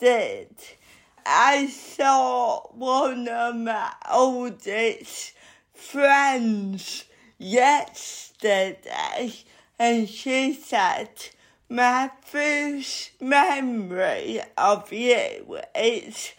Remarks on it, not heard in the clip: I have a disability called cerebral palsy, which means I talk slowly.